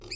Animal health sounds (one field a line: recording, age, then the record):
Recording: pig call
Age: weaner (32 to 43 days)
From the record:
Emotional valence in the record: negative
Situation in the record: novel object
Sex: female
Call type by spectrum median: high-frequency call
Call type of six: high-frequency modulated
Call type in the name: high-frequency modulated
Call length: 0.15 s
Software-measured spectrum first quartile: 1110 Hz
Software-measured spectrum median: 3707 Hz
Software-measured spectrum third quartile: 5466 Hz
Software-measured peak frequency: 4788 Hz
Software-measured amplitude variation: 132 dB a second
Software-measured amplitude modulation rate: 16.1 a second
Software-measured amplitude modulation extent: 8.2 dB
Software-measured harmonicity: 8.5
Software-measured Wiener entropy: -3.01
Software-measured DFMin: 916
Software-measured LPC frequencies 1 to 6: 382, 2512, 4710, 4978, 6966, 7488 Hz